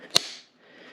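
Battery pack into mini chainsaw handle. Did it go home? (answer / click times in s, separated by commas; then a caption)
yes / 0.2 s. A battery pack is pushed into the handle of a Saker mini chainsaw until its plastic retaining clip goes all the way in, so the battery won't slide out during cutting. A single sharp snap is heard at 0.2 seconds, followed by a brief fading ring and then low background hiss. The battery is seated.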